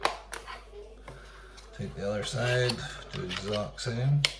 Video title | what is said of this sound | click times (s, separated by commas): Annapro Unboxing Items for Quest 3 | push it in until she clicks | 0.1 s